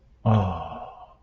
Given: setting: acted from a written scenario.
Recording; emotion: vocal sound without words; contentment